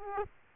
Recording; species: mosquito wingbeat signal from an infrared sensor; Aedes aegypti